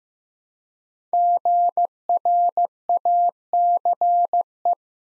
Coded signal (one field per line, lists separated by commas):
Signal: Morse code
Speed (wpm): 15 wpm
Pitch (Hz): 700 Hz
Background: none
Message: GRACE